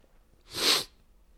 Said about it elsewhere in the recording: I may be on the verge of a sneezing fit. that sound is me covering the microphone so you don't have to hear me sneezing.